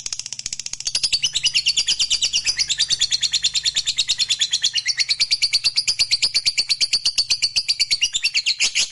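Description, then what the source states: Lovebird song, a fast unbroken stream of shrill, high chirps and twitters that builds in loudness after the first second and runs on without pause. Fighter-type lovebird singing energetically, in the gacor style.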